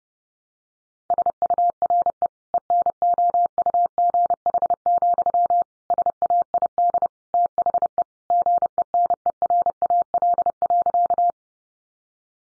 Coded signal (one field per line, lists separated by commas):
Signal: Morse code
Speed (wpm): 30 wpm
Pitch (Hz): 700 Hz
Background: none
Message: SURE ENOUGH, SAID THE GENERAL.